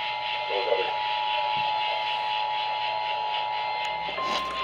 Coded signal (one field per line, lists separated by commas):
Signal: Emergency Alert System (SAME) tones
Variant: 853 and 960 Hz attention tone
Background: speech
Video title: A FLOOD ALERT FOR SE TX EAS Alerts from 1/29/23 (EAS #116 #120)